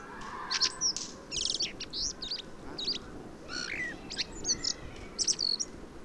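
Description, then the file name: Common blackbird song: high squeaky twittering notes with a few lower fluted whistles, repeated in short bursts over steady background noise. "Turdus merula"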